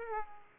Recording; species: mosquito wingbeat signal from an infrared sensor; Aedes aegypti